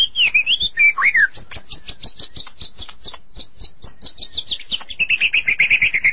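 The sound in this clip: Magpie-robins and shamas song opening with slurred whistles, then a long fast series of sharp high notes that slowly fall in pitch, ending in a rapid trill.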